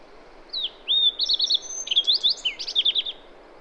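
Bird song: a downslurred whistle, four quick repeated notes, then a jumbled twitter and a run of down-curving notes, with faint hiss.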